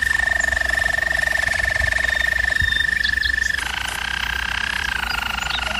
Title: German Roller Canary Singing - Canary Training